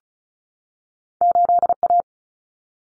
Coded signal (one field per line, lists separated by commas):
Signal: Morse code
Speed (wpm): 34 wpm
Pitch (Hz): 700 Hz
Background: none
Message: 8A